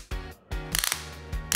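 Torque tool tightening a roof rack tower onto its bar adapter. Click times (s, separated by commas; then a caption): 0.8 s, 0.9 s, 1.5 s. A torque-limiting tool tightens a Yakima SkyLine roof rack tower down onto its bar adapter, engaging and ratcheting like a gas cap over three rounds. Two softer swells of turning at about 0.1 and 0.5 s lead into sharp ratchet clicks at 0.8, 0.8, 0.9 and 1.5 s over a steady low tonal background. The tool clicks at its torque setting.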